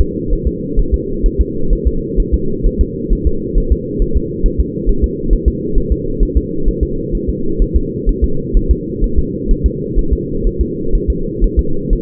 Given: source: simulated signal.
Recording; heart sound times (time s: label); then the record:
fetal heart sounds
0.01 s: S2
0.33 s: S1
0.48 s: S2
0.79 s: S1
0.94 s: S2
1.26 s: S1
1.41 s: S2
1.73 s: S1
1.87 s: S2
2.20 s: S1
2.34 s: S2
2.66 s: S1
2.81 s: S2
3.12 s: S1
3.27 s: S2
3.58 s: S1
3.72 s: S2
4.02 s: S1
4.17 s: S2
4.46 s: S1
4.61 s: S2
4.89 s: S1
5.04 s: S2
5.33 s: S1
5.48 s: S2
5.78 s: S1
5.92 s: S2
6.23 s: S1
6.37 s: S2
6.68 s: S1
6.83 s: S2
7.15 s: S1
7.30 s: S2
7.62 s: S1
7.77 s: S2
8.09 s: S1
8.24 s: S2
8.57 s: S1
8.71 s: S2
9.04 s: S1
9.19 s: S2
9.51 s: S1
9.66 s: S2
9.99 s: S1
10.13 s: S2
10.47 s: S1
10.61 s: S2
10.95 s: S1
11.10 s: S2
11.44 s: S1
11.59 s: S2
11.93 s: S1
From the record:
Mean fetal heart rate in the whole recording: 130 bpm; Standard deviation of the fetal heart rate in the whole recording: 4 bpm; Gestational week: 38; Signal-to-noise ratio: -8.1 dB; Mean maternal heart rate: 72 bpm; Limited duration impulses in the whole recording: absent